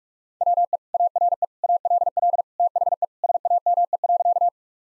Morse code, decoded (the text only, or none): WE ARE ALL THE SAME.